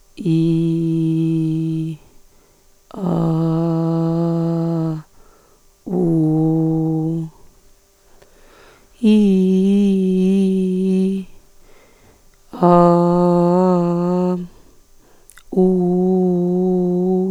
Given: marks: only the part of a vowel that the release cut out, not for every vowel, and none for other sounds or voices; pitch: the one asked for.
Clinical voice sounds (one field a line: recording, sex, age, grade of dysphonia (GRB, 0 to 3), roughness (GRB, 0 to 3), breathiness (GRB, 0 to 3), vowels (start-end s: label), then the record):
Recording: sustained vowels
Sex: female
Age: 40 to 49 years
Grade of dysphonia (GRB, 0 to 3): 2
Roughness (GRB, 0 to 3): 0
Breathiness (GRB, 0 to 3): 2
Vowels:
0.35-1.74 s: vowel /i/, low pitch
3.15-4.78 s: vowel /a/, low pitch
5.97-7.13 s: vowel /u/, low pitch
9.25-10.97 s: vowel /i/, low-high-low pitch
12.77-14.31 s: vowel /a/, low-high-low pitch
15.65-17.15 s: vowel /u/, low-high-low pitch
From the record:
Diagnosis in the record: hyperfunctional dysphonia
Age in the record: 47 years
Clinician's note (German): Zustand nach Ödemabtragung, organisch funktionell